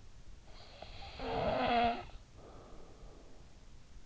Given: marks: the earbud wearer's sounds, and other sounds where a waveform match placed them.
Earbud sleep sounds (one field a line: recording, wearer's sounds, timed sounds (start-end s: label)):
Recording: sounds in sleep by an in-ear microphone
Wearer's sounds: snoring breath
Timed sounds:
0.30-3.76 s: snoring breath